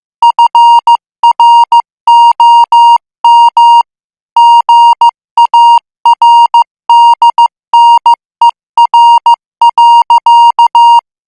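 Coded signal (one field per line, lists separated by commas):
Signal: Morse code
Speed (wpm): 15 wpm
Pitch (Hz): 940 Hz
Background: music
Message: FROM GARDNER.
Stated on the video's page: Morse code at 14 words per minute.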